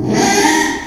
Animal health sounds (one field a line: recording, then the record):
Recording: squeal of a Yucatan mini pig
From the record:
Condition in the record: after surgery on the right vocal fold (resection and tissue-engineered implant)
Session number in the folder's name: 3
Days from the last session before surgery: 33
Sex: male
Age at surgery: 12 weeks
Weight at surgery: 13 kg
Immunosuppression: cyclosporine, prednisolone